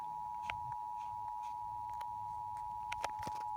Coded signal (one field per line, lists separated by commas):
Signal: Emergency Alert System (SAME) tones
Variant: 853 and 960 Hz attention tone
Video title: S14 Ep 114 The Emergency Alert